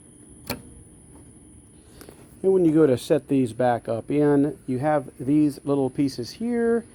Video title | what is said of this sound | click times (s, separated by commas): How to change Headlight Bulbs in a Ford F150 by OXILAM LED | and press it on until you hear it click | 0.5 s